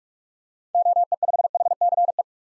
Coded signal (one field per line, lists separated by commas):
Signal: Morse code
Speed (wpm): 41 wpm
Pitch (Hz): 700 Hz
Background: none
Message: OE5HCE